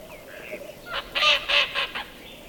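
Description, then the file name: Mallard quacks, a short burst of three or four harsh, nasal calls in quick succession after a faint lead-in, then quiet. Mallard duck flying away. "Digiffects Sound Effects Library - Mallard Duck Flying Away"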